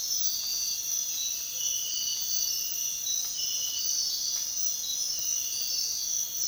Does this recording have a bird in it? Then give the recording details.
no. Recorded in dense forest near Puerto Asís, Putumayo, Colombia, on 19 February 2024 at 05:30. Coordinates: 0.466, -76.327. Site G6413